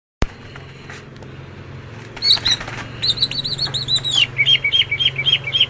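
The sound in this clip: Oriental magpie-robin song: after two seconds of hiss and a steady low hum, bright whistled notes begin, then a run of rapid repeated upslurred whistles.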